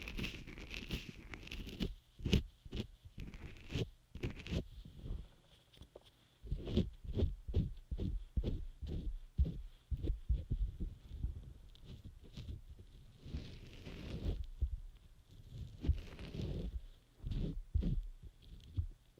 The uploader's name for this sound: Scrub Ear Massage & Moisturizing Care Rubbing, Stroking, Cleansing, Tapping